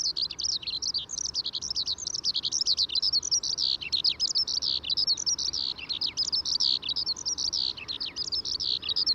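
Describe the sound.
Eurasian skylark song pouring out as dense, high, tumbling chirps and slurred whistles in an unbroken torrent, with light background noise beneath.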